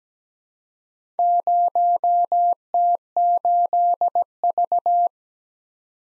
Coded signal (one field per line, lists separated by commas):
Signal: Morse code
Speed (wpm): 17 wpm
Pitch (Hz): 700 Hz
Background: none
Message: 0T8V